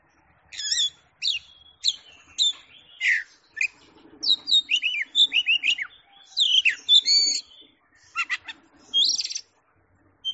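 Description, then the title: Oriental magpie-robin singing a busy medley of sharp chips, downslurred whistles and quick buzzy notes, delivered in rapid bursts with brief gaps. Champion songbird singing. "Kicau Burung Kacer Juara"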